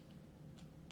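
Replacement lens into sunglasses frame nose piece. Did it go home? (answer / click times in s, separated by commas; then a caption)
no / none. A replacement plastic lens is being pushed into the grooves on the nose piece of an Oakley Radarlock Edge OO9183 sunglasses frame. A low steady hum runs throughout, with a soft brief rustle near 0.6 s and a sharp short tick near 0.9 s. Nothing has seated or clicked yet; the lens is still being handled.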